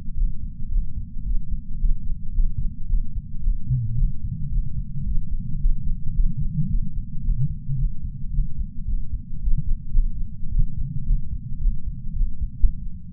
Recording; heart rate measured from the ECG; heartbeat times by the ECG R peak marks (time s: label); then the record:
heart sounds by patch sensor on the chest; 111 bpm
0.17 s: heartbeat
0.71 s: heartbeat
1.25 s: heartbeat
1.79 s: heartbeat
2.34 s: heartbeat
2.89 s: heartbeat
3.43 s: heartbeat
3.97 s: heartbeat
4.51 s: heartbeat
5.05 s: heartbeat
5.60 s: heartbeat
6.14 s: heartbeat
6.69 s: heartbeat
7.23 s: heartbeat
7.78 s: heartbeat
8.32 s: heartbeat
8.87 s: heartbeat
9.41 s: heartbeat
9.93 s: heartbeat
10.51 s: heartbeat
11.06 s: heartbeat
11.60 s: heartbeat
12.15 s: heartbeat
12.56 s: heartbeat
From the record:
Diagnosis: coronary artery disease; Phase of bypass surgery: postoperative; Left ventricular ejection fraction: 58.9%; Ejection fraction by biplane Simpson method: 44.4%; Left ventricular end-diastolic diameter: 54 mm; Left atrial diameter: 37 mm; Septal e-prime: 4.3 cm/s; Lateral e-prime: 5.9 cm/s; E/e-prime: 16.9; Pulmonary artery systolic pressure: 25 mmHg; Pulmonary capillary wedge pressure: 7 mmHg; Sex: male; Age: 66 years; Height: 165 cm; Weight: 65 kg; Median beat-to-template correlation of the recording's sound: 0.77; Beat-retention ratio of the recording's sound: 0.99